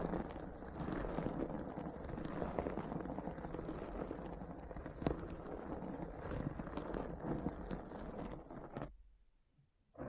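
Deep brain scratching ASMR: a dense, continuous rasp of scratching with a low rumble underneath, fluctuating slightly but never pausing. A sharp tap lands around five seconds, and just before nine seconds the sound cuts off abruptly into near silence.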